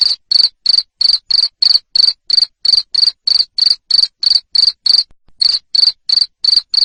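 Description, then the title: Cricket giving a steady series of loud, high chirps, about three each second, broken by a single brief pause before the rhythm resumes. Loud cricket chirping (ngerik) used to stimulate lovebirds to sing continuously (ngekek). "Suara JANGKRIK NGERIK Keras Bikin LOVEBIRD Jadi NGEKEK Terus Vubey"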